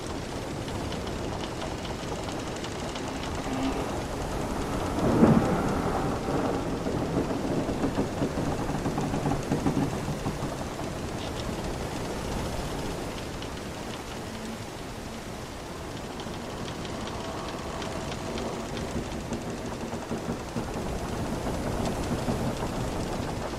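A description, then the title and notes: An old wooden ship rides at sea, water rushing steadily against its hull in a dense, low wash. Around five seconds a louder knock and swell stands out, and faint creaks and groans of the planks surface now and then through the continuous churning. Old creaking ship at sea. You will hear its planks creaking and the water running against its body.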